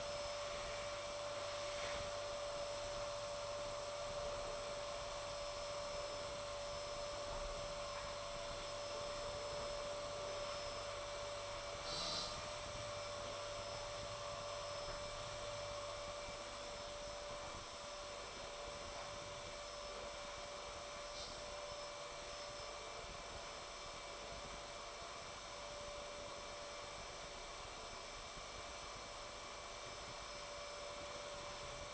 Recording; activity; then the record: daily activity, microphone in the room; vacuum cleaning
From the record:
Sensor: 5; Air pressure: 1007.8 hPa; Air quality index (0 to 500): 95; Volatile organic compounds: 1 ppm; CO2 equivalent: 748 ppm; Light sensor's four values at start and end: 35/81/33/33 and 34/80/32/32